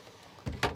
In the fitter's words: There's little ball catches that click into place to keep it from sliding open when you're driving down the road.